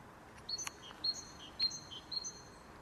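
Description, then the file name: Great tit with three or four high two-note whistled phrases, interrupted by a few sharp clicks. "Parus major"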